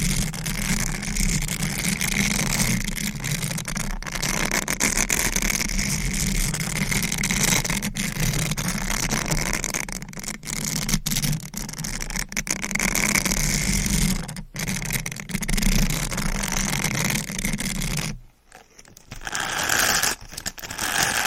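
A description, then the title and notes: A sponge rubs and scratches against a close microphone in a dense, continuous brushing texture, with a brief near-silent break around eighteen seconds. ASMR Sponge on Mic Scratching, Brushing, Squishing, Crinkle etc No Talking for Sleep.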